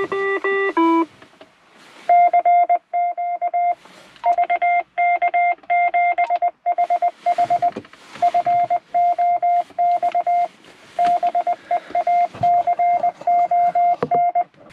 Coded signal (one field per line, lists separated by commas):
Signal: Morse code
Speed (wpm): 20 wpm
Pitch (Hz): 700 Hz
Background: none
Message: CQ VK7HH FOX BEACON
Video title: Finding A Hidden Radio Transmitter | Ham Radio Fox Hunt